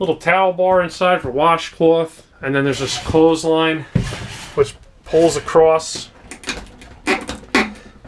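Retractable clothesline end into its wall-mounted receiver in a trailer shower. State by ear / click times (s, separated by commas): seated / 7.5 s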